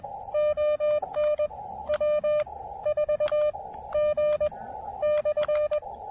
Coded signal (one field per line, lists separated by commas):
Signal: Morse code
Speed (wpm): 20 wpm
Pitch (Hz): 590 Hz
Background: none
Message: ON W4G/